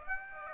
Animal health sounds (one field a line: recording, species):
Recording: mosquito wingbeat signal from an infrared sensor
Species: Aedes aegypti